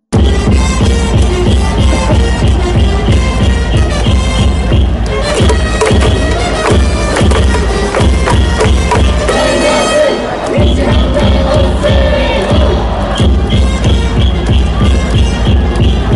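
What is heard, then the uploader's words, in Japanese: Inside Hanshin Koshien Stadium, the crowd keeps up a loud, dense roar with rhythmic chanting and steady drumbeats pounding several times a second. A brief dip in the drumming comes around ten seconds before the beat resumes, with voices and horns layered throughout. 阪神甲子園球場での模様を、ただただ場内の音声だけでお送りします。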